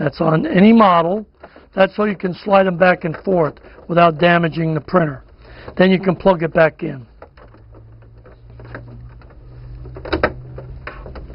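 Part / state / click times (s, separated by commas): ink cartridge into inkjet printer carriage / seated / 10.2 s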